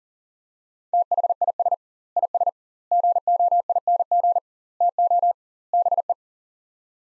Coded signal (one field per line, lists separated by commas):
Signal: Morse code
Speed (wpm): 40 wpm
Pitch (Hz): 700 Hz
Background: none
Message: THIS IS GOING TO BE